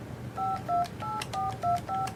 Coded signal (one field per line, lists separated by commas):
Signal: DTMF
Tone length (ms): 180 ms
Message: 528425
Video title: Verizon Home Phone Connect Overview